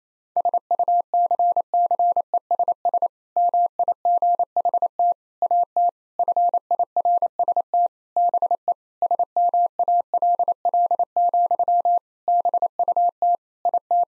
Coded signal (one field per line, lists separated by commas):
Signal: Morse code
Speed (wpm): 28 wpm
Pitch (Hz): 700 Hz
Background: none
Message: SUCCESS MIGHT AT FIRST BE SMALL, BUT IT